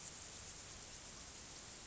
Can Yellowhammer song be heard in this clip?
no